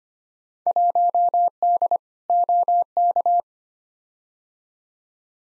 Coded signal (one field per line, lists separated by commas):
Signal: Morse code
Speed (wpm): 25 wpm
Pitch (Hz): 700 Hz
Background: none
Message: 1D OK